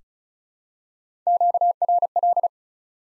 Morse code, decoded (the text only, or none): QRL